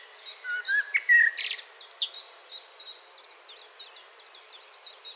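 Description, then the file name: Common blackbird ticking rapidly, short high clicks repeated several times a second, after a loud harsh burst and a low whistled note early on. "Turdus merula"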